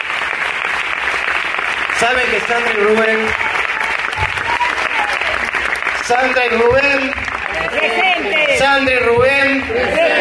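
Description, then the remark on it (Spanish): Sustained audience applause fills the whole stretch, a dense, steady clatter of many hands clapping at an even loudness, while a man speaks over it into a microphone. “Un aplauso para Sandra y Rubén.”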